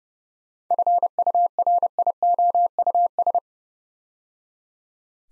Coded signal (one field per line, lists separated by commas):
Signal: Morse code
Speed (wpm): 30 wpm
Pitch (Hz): 700 Hz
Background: none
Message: FURIOUS